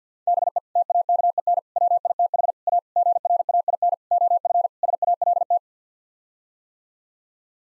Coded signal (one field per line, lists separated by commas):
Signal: Morse code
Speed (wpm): 50 wpm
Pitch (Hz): 700 Hz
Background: none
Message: BE TAKEN WITH A GRAIN OF SALT